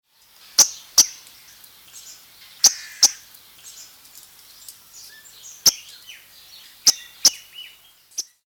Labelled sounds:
Ocellated Turkey
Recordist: Tembrock, Günter
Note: Kurzlaute eines Männchens

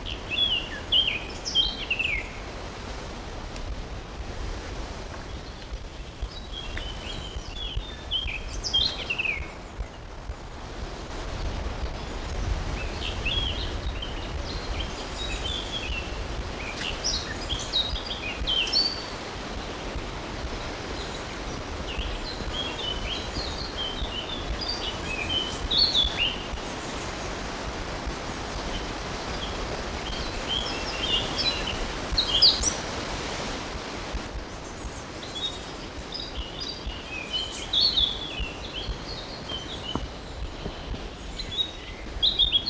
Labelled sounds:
Eurasian Blackcap song
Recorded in the wild
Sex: male
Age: adult
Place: Glienicke/Nordbahn, Brandenburg, DE
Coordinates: 52.64, 13.3436
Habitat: forest
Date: 1988-06-12 11:00
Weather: sunny, 14-18°C, gusty winds
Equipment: Nagra SN, Kopie Tesla B 116
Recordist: Tembrock, Günter
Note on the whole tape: Kindelwald. Gesang an Reviergrenze (eigentümlich "abgebrochen" singend)

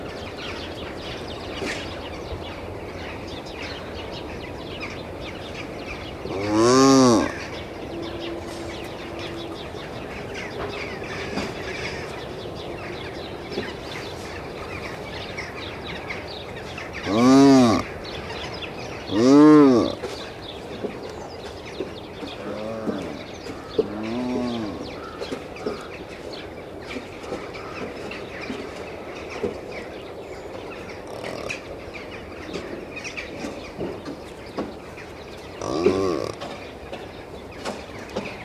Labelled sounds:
Addax call
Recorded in captivity
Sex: male
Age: adult
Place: Tierpark Berlin, Berlin, DE
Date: 1970-12-20 11:47
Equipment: Uher 4200 Report Stereo, Sennheiser MD 421 (z.T. mit Tesla-Verstärker)
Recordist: Tembrock, Günter

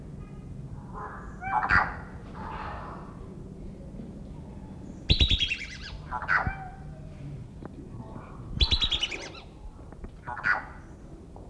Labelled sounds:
Wandering Whistling Duck call
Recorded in captivity
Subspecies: australis
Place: Wilhelma Stuttgart, Baden-Württemberg, DE
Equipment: Halbspur, 9,5 cm/s
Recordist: Lütgens, Hans

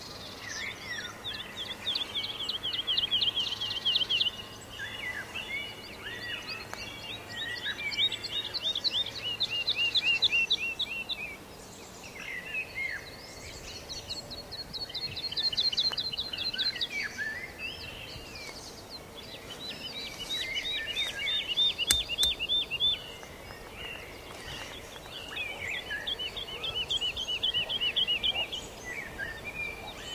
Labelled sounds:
Wood Lark flight song
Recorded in the wild
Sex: male
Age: adult
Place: Brunow, Gamengrund, Brandenburg, DE
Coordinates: 52.7272, 13.8911
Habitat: field
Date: 1995-04-16 19:00
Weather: overcast, intermittent rain, 4°C, weak winds
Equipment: Sony WM-D6C, Sennheiser ME 80, K 30 AV (III), Kopie Revox C 270
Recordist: Frommolt, Karl-Heinz

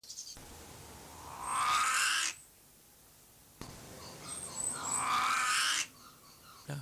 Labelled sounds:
Trumpet Manucode call
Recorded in captivity
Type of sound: call
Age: adult
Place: Zoo Berlin, Berlin, DE
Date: 2003-09-24 15:14
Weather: fair, 16°C
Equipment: Fair Mate ST-1328 (Asahi Electronics, Japan), Sennheiser ME 80, Kopie Uher 4000 Report Monitor
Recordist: Tembrock, Günter
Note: Trompeterparadieskrähe (Manucodia keraudrenii): zwei Langlaute

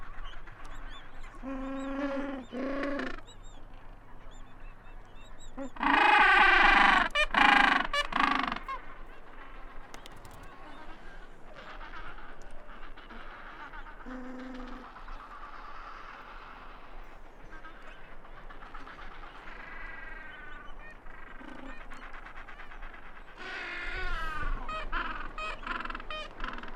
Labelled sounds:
Gentoo Penguin call
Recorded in the wild
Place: Kopaitic Island, Antarctica, AQ
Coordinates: -63.18, -57.55
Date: 2019-01-01
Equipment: Olympus LS-100, Sennheiser ME66
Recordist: Beaulieu, Michaël

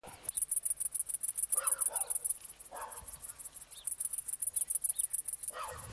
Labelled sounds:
Great Green Bush-cricket stridulation
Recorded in the wild
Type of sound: stridulation
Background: Canis lupus f. familiaris
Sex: male
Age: imago
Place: Bansin, Insel Usedom, Mecklenburg-Vorpommern, DE
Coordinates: 53.9603, 14.1317
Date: 1983-09-23 17:46
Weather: sonnig, böiger Wind
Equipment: Nagra SN, Sennheiser MKH 416 T, Kopie Uher 4000 Report Monitor
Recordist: Tembrock, Günter
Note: Stridulation. Hintergrund: Haushund. Am Gothensee

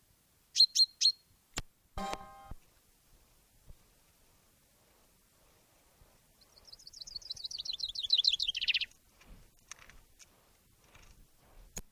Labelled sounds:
Common Chaffinch
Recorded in the wild
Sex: male
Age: adult
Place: Ehrwald, Wettersteingebirge, Tirol, AT
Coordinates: 47.4275, 10.9428
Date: 1962
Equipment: Stellavox SM 5, Original, Vollspur
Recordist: Tretzel, Erwin
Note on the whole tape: Tirol, Ehrwald. Männchen: Rufe, Gesang (Doppelschlag mit "eingestricktem" Zetern und Trillern). Ungenaue Datumsangabe: Ostern 1962

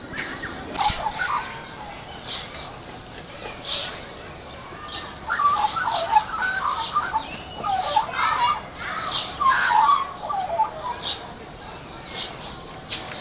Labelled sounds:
Australian Magpie song
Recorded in captivity
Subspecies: hypoleuca
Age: adult
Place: Zoo Berlin, Berlin, DE
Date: 1986-05-23 10:27
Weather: sunny, 15°C
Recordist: Tembrock, Günter
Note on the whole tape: Weißrücken-Flötenvogel (G.t.hypoleuca): Lautfolgen

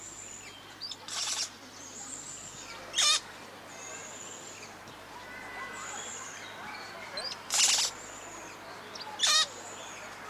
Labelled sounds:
Amazonian Motmot call
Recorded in captivity
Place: Tiergarten Wilhelma/Stuttgart, Baden-Württemberg, DE
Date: 2004-10-03 15:15
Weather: bedeckt - heiter, 17°C
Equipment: Sony WM-D6C, Sennheiser ME 80, Kopie Uher 4000 Report Monitor
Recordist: Tembrock, Günter

